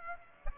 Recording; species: mosquito wingbeat signal from an infrared sensor; Aedes aegypti